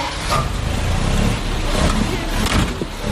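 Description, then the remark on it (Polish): The engine of a 1932 Citroen C4 vintage car, built in Warsaw, Poland, runs with a steady, loud low rumble and a broad mechanical hum, holding an even level for the few seconds with no talking over it. “Tak, to jest auto z 32 roku, Citroen C4.”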